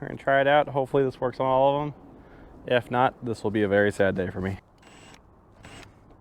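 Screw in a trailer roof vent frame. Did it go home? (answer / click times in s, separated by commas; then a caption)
no / 5.7 s. Someone talks, then a new driver bit is tried on a stripped screw holding the frame of a 17-year-old trailer roof vent that needs replacement. A short, sharp sound comes at 5.7 s as the bit slips without turning the screw. The screw stays stripped.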